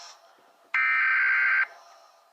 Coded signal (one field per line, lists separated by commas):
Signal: Emergency Alert System (SAME) tones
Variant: header bursts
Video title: EAS Scenario 1:Blood Cats